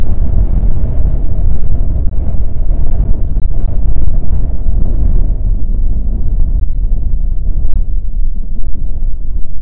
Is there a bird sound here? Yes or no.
no